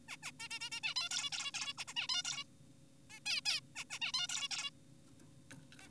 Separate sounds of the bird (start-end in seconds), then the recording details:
0.08-0.17, 0.23-0.32, 0.40-0.48, 0.51-0.60, 0.61-0.70, 0.72-0.81, 0.84-0.94, 0.96-1.09, 1.11-1.30, 1.32-1.52, 1.54-1.74, 1.78-1.84, 1.88-1.94, 1.96-2.08, 2.09-2.23, 2.25-2.44, 3.10-3.20, 3.26-3.41, 3.46-3.60, 3.76-3.84, 3.90-3.99, 4.02-4.12, 4.14-4.28, 4.29-4.48, 4.51-4.70, 5.81-5.89. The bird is an adult. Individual g4p5U